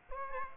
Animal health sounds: mosquito wingbeat signal from an infrared sensor; Aedes aegypti

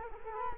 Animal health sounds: mosquito wingbeat signal from an infrared sensor; Culex quinquefasciatus

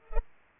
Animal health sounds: mosquito wingbeat signal from an infrared sensor; Culex pipiens

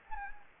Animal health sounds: mosquito wingbeat signal from an infrared sensor; Anopheles gambiae

